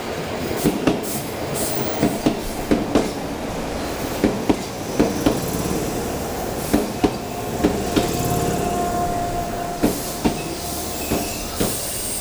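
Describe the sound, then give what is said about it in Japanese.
A Tobu 8000 series electric train, an older model still in service, rolls past at Kita-Senju Station with a steady rumble and a regular clickety-clack of wheels over rail joints, sharp paired clicks repeating every second or so, with a faint high squeal near the end. “あ、お、あれ、8000系か。”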